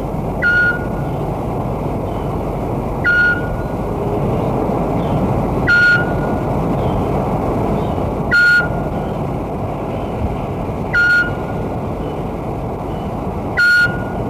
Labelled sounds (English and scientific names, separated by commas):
Eurasian Scops Owl (Otus scops)